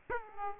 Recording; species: mosquito wingbeat signal from an infrared sensor; Aedes aegypti